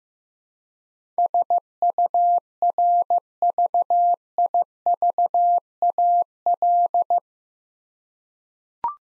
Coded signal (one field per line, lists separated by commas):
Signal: Morse code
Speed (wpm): 15 wpm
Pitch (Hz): 700 Hz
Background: none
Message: SURVIVAL